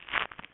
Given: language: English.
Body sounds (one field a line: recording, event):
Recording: throat vibration sensor signal played as sound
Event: swallow